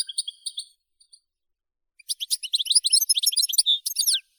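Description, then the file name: European goldfinch song: a few thin high notes, a short pause, then a dense two-second burst of rapid tinkling twitters. "Golosa ptic - CSHegol Carduelis carduelis"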